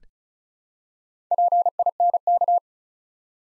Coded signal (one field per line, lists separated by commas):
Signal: Morse code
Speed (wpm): 36 wpm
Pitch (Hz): 700 Hz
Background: none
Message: PINK